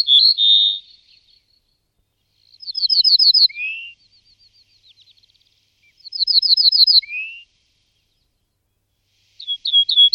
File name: strnad-zahradní